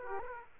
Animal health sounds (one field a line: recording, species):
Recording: mosquito wingbeat signal from an infrared sensor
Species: Aedes aegypti